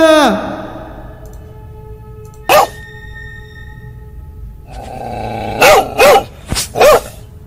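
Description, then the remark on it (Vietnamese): A dog barks sharply as it rams through a door and runs in, one lone bark first and then a quick burst of three or four barks near the end, loud over a low, steady background hum. “Con mực đúng lúc này tông được cánh cửa mà chạy vào.”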